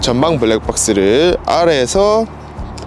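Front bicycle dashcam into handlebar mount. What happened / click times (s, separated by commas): The part is handled but not yet seated / none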